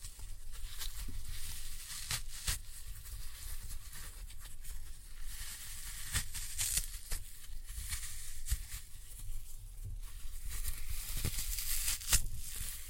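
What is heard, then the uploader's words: Floral foam being crushed with a glitter bomb, a steady dry crunching and crinkling that runs throughout. Sharp cracks and snaps punctuate it irregularly, a few every second, with a louder snap near twelve seconds, over a faint low rumble. Floral Foam Glitter Bomb Crushing.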